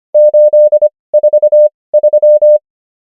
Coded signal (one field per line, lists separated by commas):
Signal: Morse code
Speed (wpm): 25 wpm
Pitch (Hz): 600 Hz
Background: none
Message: 843